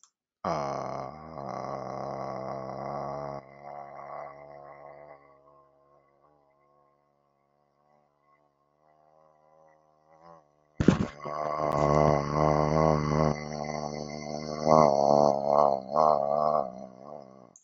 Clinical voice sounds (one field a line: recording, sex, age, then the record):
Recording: vowel held as long as possible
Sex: male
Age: 30 to 39 years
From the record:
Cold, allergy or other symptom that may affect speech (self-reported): no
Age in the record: 32 years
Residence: North Carolina, United States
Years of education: 12